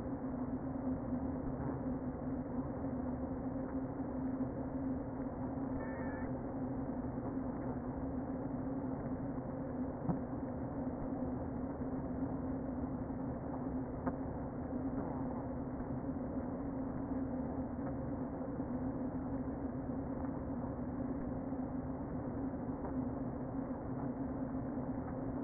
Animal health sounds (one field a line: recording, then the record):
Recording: honeybee colony, microphone inside the hive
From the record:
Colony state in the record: queen present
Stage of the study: before two queens were removed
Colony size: about 60,000 bees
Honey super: yes